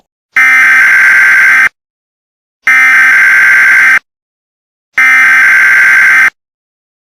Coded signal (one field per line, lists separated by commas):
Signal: Emergency Alert System (SAME) tones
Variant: header bursts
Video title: Hemorrhagic Pox: An EAS Scenario